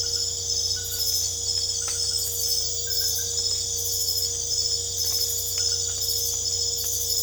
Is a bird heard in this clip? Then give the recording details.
no. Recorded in secondary vegetation near Puerto Asís, Putumayo, Colombia, on 22 December 2024 at 22:00. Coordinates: 0.488, -76.319. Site GP04